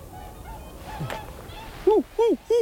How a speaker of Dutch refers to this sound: Dat is kleine zwaan. Dat hele hoge, ja. Ja, dat een beetje, het lijkt wel of er een hondje aan het blaffen is. Dat zijn de kleine zwanen.